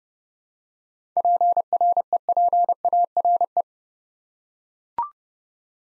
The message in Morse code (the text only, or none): PREPARE